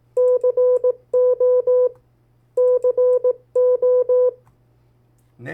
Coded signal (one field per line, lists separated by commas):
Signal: Morse code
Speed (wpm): 18 wpm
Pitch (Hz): 500 Hz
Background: none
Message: CO CO